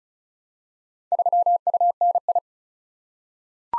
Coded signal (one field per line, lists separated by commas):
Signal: Morse code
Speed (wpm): 36 wpm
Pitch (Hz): 700 Hz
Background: none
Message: 3UNI